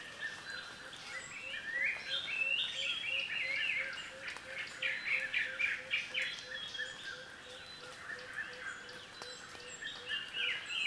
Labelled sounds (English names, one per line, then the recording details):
Red-capped Robin-chat
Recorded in Kibale, Uganda